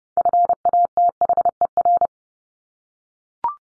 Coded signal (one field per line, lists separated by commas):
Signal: Morse code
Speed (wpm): 30 wpm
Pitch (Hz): 700 Hz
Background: none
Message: FATHER